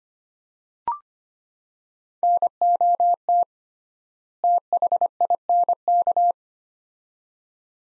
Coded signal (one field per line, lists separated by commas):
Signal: Morse code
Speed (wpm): 25 wpm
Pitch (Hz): 700 Hz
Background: none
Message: NOT THINK